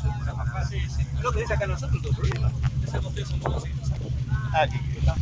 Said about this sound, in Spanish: Bueno, en este momento estamos dirigiéndonos en una lancha de la prefectura naval hacia la Isla del Silencio